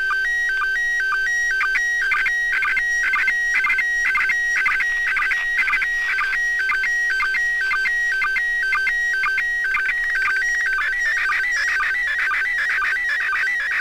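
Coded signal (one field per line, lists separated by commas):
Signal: SSTV (slow-scan television)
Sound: warbling tones repeating about twice a second with short low sync blips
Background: steady hum tones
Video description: Using Android app Robot36 and a Baofeng UV-5R to decode Slow Scan TV images from the Internation Space Station commemorating Cosmonaut day!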